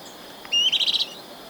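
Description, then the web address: Olive-chested flycatcher: a thin, slightly rising whistle followed at once by a short buzzy trill of about five pulses. Ecuador. "Natures Songs S America Birds of Ecuador Olive-chested Flycatcher"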